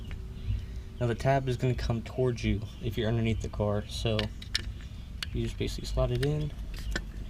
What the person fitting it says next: hear it click in as it locks